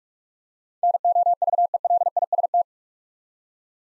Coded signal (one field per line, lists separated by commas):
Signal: Morse code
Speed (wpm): 44 wpm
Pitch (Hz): 700 Hz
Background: none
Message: NOVELIST